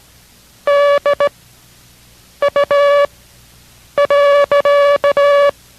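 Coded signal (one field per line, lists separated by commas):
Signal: Morse code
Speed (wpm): 17 wpm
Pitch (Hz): 570 Hz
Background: none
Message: D U .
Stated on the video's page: Morse code course lesson, learning code by sound, progressing over 12 lessons to five words per minute.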